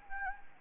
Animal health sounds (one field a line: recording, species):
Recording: mosquito wingbeat signal from an infrared sensor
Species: Anopheles gambiae